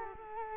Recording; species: mosquito wingbeat signal from an infrared sensor; Culex quinquefasciatus